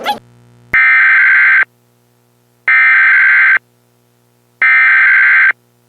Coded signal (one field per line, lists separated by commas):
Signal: Emergency Alert System (SAME) tones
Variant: header bursts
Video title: EAS Scenario #12 - School's Out / Tri-State Weather Disaster